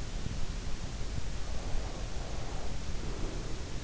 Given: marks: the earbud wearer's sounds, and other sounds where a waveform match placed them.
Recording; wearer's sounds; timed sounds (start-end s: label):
sounds in sleep by an in-ear microphone; breath
1.38-3.78 s: breath